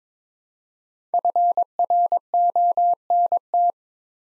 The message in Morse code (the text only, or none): FRONT